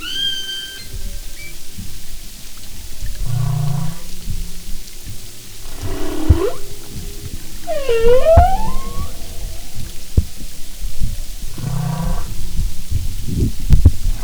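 Humpback whale song: low grunting pulses alternate with a loud, harmonic, falling-then-rising cry near the middle, plus faint high whistles at the start and constant hiss.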